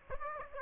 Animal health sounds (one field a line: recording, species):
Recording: mosquito wingbeat signal from an infrared sensor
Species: Aedes aegypti